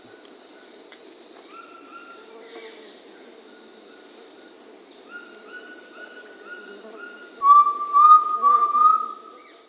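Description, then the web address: Undulated Tinamou giving a short series of low whistled notes that rise in pitch, after a stretch of faint whistles, over a constant high insect drone. Peru, Amazon region. "Birds of the Amazon 1. Undulated Tinamou (Crypturellus undulatus), Peru"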